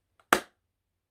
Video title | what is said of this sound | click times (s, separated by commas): Handbag Collection | I love old fashioned bags the way that they just have that satisfying click | 0.3 s